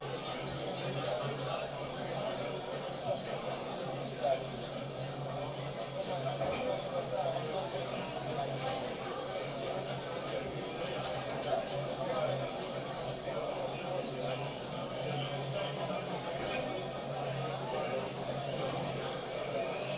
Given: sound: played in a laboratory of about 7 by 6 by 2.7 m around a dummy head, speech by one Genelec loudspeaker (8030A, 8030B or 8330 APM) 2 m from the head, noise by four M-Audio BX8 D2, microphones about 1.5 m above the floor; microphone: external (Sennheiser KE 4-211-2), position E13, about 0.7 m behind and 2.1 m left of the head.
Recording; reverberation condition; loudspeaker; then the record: cafeteria noise; low; four, about 170 cm from the corners of the room and facing them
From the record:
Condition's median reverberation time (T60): about 310 ms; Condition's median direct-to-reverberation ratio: about 3.5 dB